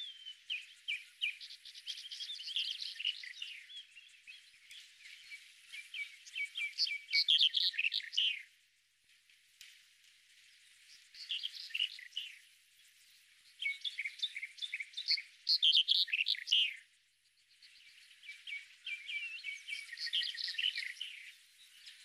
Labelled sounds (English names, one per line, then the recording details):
Red-headed Bunting song
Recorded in the wild
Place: Beldersai, UZ
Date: 2001-05-25
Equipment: MiniDisc Sharp MT 20 H
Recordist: Schwarz, Dieter